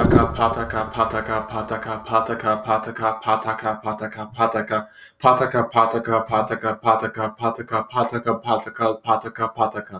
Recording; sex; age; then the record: repeated syllables /pa ta ka/; male; 20 to 29 years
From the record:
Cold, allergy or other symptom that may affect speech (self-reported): no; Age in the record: 21 years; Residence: Florida, United States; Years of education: 16